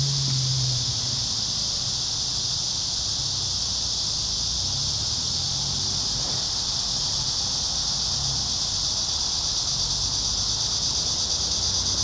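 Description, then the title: Cicadas hold a steady shrill buzzing drone throughout, with a soft low rumble at the very start. Several cicadas singing in a park. "neoscenes: cicadas in the park"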